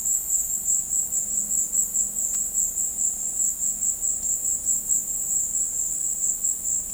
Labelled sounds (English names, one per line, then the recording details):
none
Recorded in dense forest near Puerto Asís, Putumayo, Colombia, on 21 February 2024 at 16:00
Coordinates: 0.485, -76.318
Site G6408